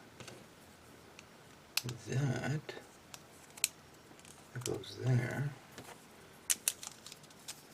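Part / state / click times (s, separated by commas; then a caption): plastic stand part into stand base / not seated / none. A plastic snap-fit part of the display stand for an MG Wing Gundam Zero Custom Ver Ka model kit is handled and lined up with its socket in the stand base. Someone talks twice, with scattered sharp plastic ticks and clicks in between. The part has not seated or clicked into place yet.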